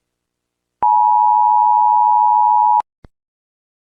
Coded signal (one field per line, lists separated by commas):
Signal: Emergency Alert System (SAME) tones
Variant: 853 and 960 Hz attention tone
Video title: us brazil eas mock